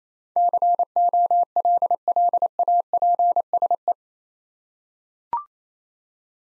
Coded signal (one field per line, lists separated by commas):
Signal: Morse code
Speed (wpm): 28 wpm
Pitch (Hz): 700 Hz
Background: none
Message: COLLAPSE